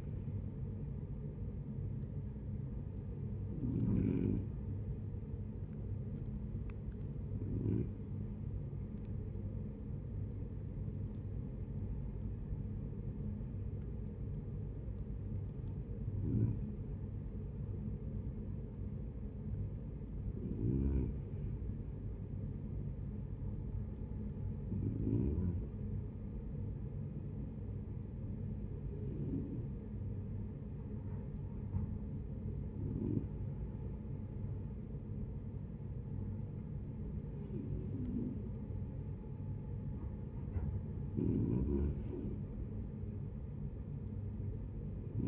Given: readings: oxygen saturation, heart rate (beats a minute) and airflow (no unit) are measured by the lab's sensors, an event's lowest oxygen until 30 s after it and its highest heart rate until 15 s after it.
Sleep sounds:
breathing in sleep by a smartphone at the bedside; 1
3.00-18.10 s: hypopnea (N2, oxygen 92% highest, then 91% lowest, heart rate 71 at the start, 73 highest)
22.00-45.27 s: new sleep stage, N1 (lightest sleep)
From the record:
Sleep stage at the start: N2 (light sleep); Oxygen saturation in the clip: 91 to 93%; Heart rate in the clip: 68 to 74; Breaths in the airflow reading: 11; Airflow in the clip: -8.4 to 7.1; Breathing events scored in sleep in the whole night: 496 in 5.4 hours asleep

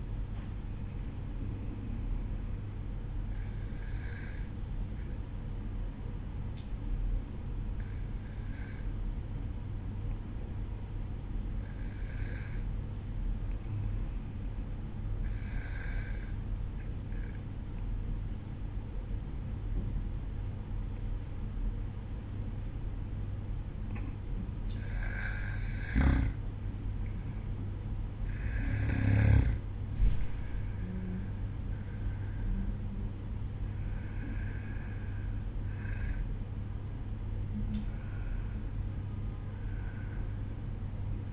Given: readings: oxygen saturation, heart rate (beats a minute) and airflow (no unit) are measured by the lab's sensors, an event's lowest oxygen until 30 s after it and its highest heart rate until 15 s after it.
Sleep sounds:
breathing in sleep by a smartphone at the bedside; none
none scored
From the record:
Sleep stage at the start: N2 (light sleep); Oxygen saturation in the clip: 92 to 94%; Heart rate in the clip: 52 to 57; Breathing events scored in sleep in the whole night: 305 in 9.6 hours asleep

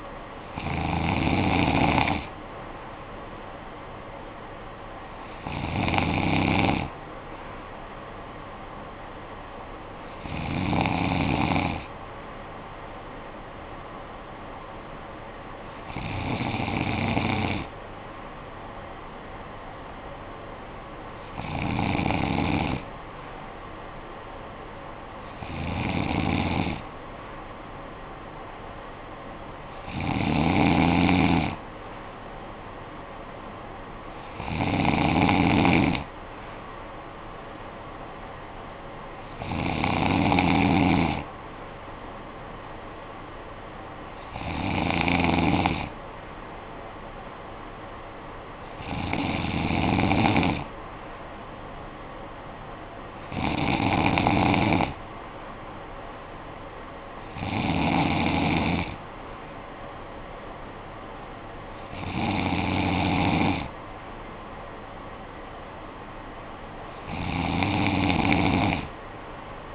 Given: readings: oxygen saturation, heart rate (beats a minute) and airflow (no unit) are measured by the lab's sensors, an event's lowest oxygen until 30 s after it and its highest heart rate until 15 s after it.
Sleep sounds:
breathing in sleep by a voice recorder at the bedside; none
none scored
From the record:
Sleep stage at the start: N2 (light sleep); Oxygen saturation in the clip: 94 to 95%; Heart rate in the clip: 49 to 64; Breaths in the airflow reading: 15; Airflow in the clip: -9.3 to 6.4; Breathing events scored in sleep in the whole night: 445 in 7.6 hours asleep

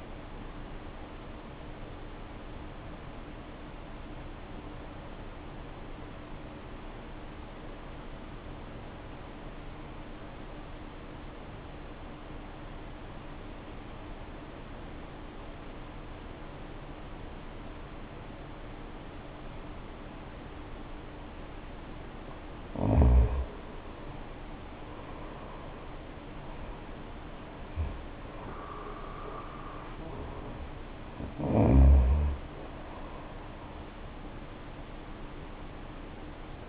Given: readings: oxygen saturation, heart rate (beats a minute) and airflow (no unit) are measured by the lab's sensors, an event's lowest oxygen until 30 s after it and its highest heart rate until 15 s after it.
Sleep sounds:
breathing in sleep by a voice recorder at the bedside; 1
4.00-21.80 s: obstructive apnea (N2, oxygen 95% highest, then 76% lowest, heart rate 55 at the start, 73 highest)
13.00-36.69 s: new sleep stage, N1 (lightest sleep)
From the record:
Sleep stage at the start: N2 (light sleep); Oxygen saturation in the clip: 79 to 95%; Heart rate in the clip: 53 to 73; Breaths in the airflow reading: 3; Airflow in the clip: -8.4 to 7.8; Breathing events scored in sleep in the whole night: 520 in 7.2 hours asleep

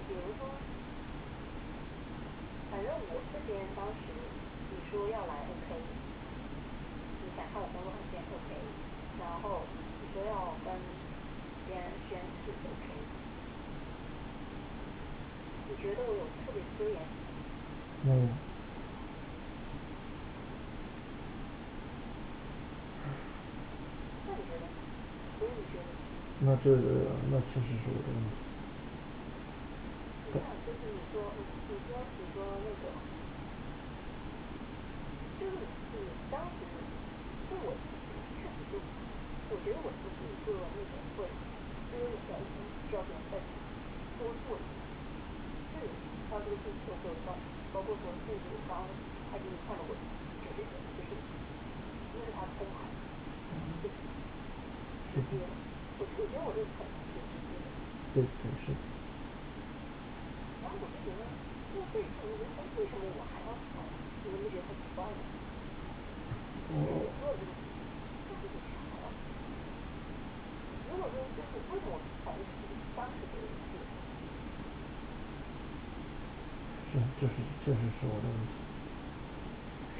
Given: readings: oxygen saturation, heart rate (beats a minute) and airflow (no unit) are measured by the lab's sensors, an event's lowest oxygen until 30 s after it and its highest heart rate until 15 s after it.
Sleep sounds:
a person awake in a sleep study, by a voice recorder at the bedside; none
0.00-80.00 s: awake
From the record:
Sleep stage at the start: awake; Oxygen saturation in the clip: 94 to 96%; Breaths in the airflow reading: 25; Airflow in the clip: -4.8 to 6.4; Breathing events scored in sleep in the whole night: 216 in 7.0 hours asleep

